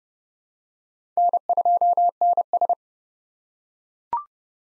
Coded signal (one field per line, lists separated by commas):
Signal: Morse code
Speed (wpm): 30 wpm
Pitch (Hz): 700 Hz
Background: none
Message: N2NS